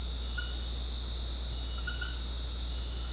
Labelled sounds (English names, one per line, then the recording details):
none
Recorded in secondary vegetation near Puerto Asís, Putumayo, Colombia, on 13 March 2025 at 20:30
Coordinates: 0.484, -76.319
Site G010